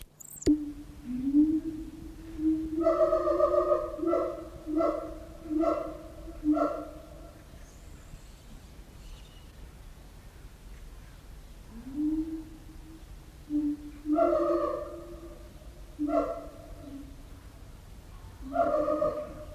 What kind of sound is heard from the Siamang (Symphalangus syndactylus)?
call